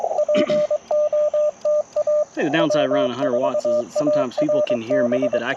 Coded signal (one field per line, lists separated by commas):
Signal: Morse code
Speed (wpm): 23 wpm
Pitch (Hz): 600 Hz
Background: speech, radio noise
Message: POTA W4ARB